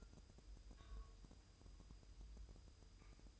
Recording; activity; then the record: daily activity, microphone in the room; take from stove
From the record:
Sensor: 2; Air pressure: 988.2 hPa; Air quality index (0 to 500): 190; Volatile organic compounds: 181 ppm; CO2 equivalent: 4146 ppm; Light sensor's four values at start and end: 21/71/28/26 and 21/71/28/27